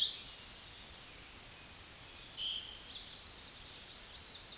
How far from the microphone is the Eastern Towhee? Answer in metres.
about 30 m